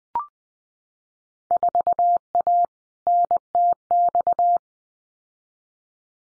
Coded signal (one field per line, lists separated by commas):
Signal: Morse code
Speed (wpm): 20 wpm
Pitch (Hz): 700 Hz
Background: none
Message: 4A NTX